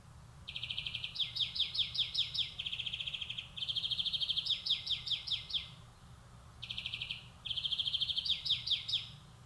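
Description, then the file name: European greenfinch giving phrases of fast high trills and jerky down-slurred twitters, one long phrase then a shorter one after a pause. "Chloris chloris"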